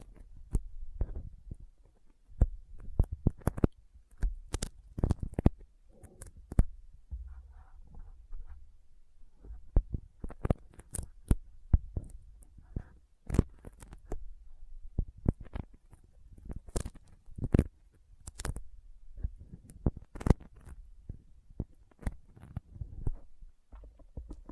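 Sticky fingers make a dense run of sharp, irregular clicks and smacking pops, several each second, across the whole 25 seconds. Each pop snaps bright and quick over a soft low thudding, with brief quieter gaps around seven and fourteen seconds.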